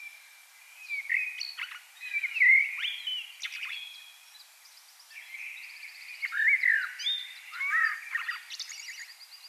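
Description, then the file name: Common blackbird with rich whistled, warbling notes in uneven bursts, amid thin chirps and rapid trills. "Turdus merula"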